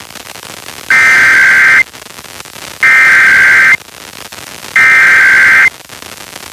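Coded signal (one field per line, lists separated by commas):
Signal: Emergency Alert System (SAME) tones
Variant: header bursts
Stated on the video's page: Pennsylvania required monthly tests recorded off several FM radio stations and translators.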